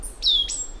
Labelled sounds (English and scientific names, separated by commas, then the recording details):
Stitchbird (Notiomystis cincta) song
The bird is a male
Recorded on Tiritiri Matangi Island, New Zealand, in 2005
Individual 10, of nest box 12